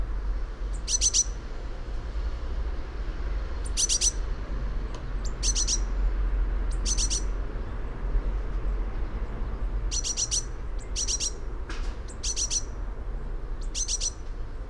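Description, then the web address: Eurasian blue tit calls: short clusters of three or four very high, rapid notes, repeated irregularly over a steady low rumble. "fugl b-mejse"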